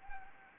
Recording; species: mosquito wingbeat signal from an infrared sensor; Anopheles gambiae